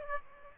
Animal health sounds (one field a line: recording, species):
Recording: mosquito wingbeat signal from an infrared sensor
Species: Aedes aegypti